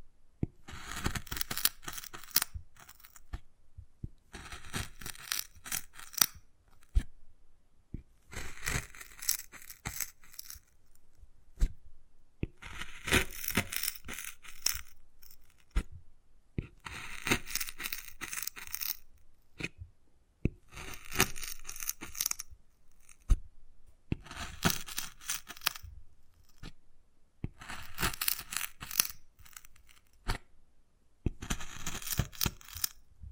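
Wood carving, with bursts of bright scraping and scratching strokes that come in groups of a second or two, separated by short pauses. Sharp taps and clicks are scattered through the strokes, and the rhythm stays irregular but steady across the whole recording.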